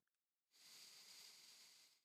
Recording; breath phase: one breath near a microphone; inhalation